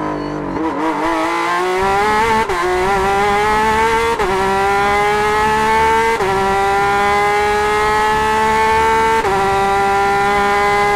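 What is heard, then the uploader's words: A flat-six engine heard from inside the car, screaming loudly as it accelerates hard through the gears. The high, rich wail climbs steadily, dropping sharply at each upshift at roughly two, four, six and nine seconds, then climbing again. Porsche 911 RSR In-Car Audio. Singing to the heavens with its 4.0-liter flat-6 engines and rear-facing exhausts at WeatherTech Raceway Laguna Seca in 2019.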